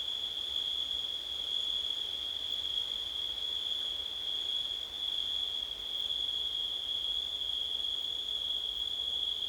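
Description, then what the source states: Crickets trilling without pause at a constant high pitch, level and unchanging, against a low hiss. Several crickets calling on a windy September night.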